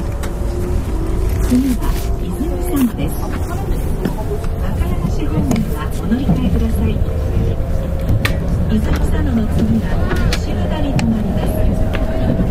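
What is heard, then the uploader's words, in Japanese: An electric train running, heard from inside the car: a loud, steady low rumble with a motor whine that climbs slowly as it gathers speed. Sharp clicks from the rails come at irregular intervals, and faint voices murmur underneath throughout. 南海電鉄 ラピートβ りんくうタウンから難波まで。南海電気鉄道50000系電車の走行音です。空港線・南海線の特急列車 ラピートβにて収録しました。区間は、りんくうタウンから難波までです。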